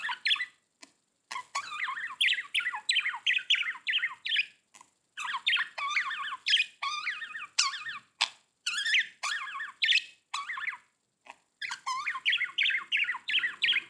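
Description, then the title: Budgerigar warbling: a long run of squeaky, buzzy chirps in quick repeated bursts, with sharp clicks scattered through. "Budgie Sounds"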